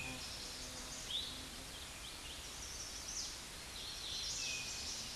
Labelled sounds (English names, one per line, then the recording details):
Eastern Towhee song
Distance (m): 30 m
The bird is about level with the microphone
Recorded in a Pennsylvania forest on 16 May 2024 at 09:49
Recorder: AudioMoth, point MSD-1295
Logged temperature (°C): 13.7 °C
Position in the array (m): 177 m, 55 m